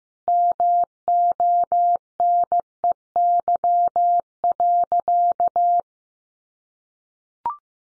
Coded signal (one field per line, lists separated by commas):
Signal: Morse code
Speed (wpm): 15 wpm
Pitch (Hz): 700 Hz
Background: none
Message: MONEY.